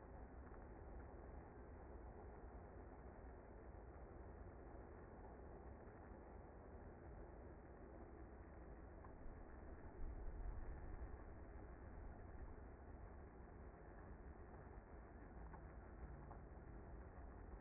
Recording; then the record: honeybee colony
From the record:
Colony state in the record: active